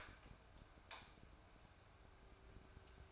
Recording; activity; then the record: daily activity, microphone in the room; light on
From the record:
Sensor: 2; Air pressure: 1010.1 hPa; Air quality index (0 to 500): 159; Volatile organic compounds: 7 ppm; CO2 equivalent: 1999 ppm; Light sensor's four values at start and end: 39/94/42/47 and 44/111/48/54